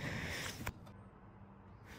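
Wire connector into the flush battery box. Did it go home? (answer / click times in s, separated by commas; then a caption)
yes / 0.7 s. The wiring connector for a wall-hung toilet's automatic flush unit is plugged into its battery box, and a single short, sharp click at 0.7 s marks it seating home. Before the click there is a broad, steady noisy background, and afterward a quieter low hum continues. Someone talks.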